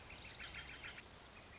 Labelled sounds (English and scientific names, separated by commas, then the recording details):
Northern Flicker (Colaptes auratus)
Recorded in Sonoma County, California